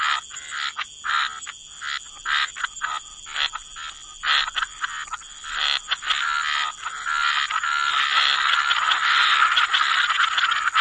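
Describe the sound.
Frog chorus: rapid rattling pulses in bursts, repeating irregularly, merging into a dense continuous trill in the second half, with steady high tones throughout.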